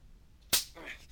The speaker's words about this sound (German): So ein kleiner Hieb mit der Peitsche mitten ins Gesicht wird deinen Zorn schon anregen.